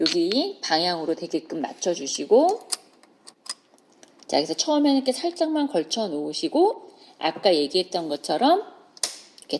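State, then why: Seated. Someone talks while a metal bobbin case is first just rested on the rotary hook of an industrial sewing machine, then pushed in. A sharp mechanical click at 9.0 s shows the bobbin case seating into the hook.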